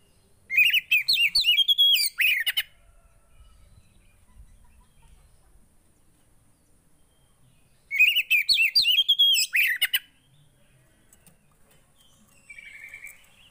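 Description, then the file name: Oriental magpie-robin song delivered in two energetic two-second bursts of fast, chattering whistled notes, with near silence between and a faint whistle at the end. Song of a magpie-robin played to provoke a caged bird, meant to make the listening bird instantly agitated. "Burung kacer anda langsung emosi dengar ini"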